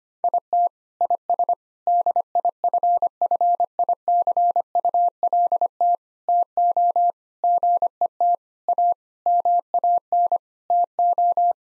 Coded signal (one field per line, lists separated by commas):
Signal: Morse code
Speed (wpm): 25 wpm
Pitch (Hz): 700 Hz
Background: none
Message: IT IS DIFFICULT TO GET A MAN TO